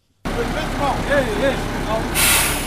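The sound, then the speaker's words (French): A heavy truck engine rumbles steadily at a working site, with faint squeals rising over the drone, then a sharp, loud hiss of released air brakes near the end, as the truck helps lay a drinking-water pipeline from a marsh to the town of Ongozi. “Ceci est le bruit d'un camion qui est en train d'aider à mettre en place la canalisation d'eau potable captée dans le marais d'Onyakijima dans la commune d'Ongozi vers la ville d'Ongozi, l'une de trois villes où est en train d'être réalisé le projet”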